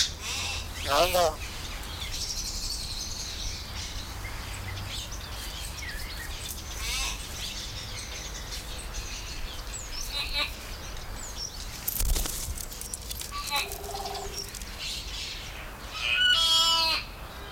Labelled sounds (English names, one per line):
Common Hill Myna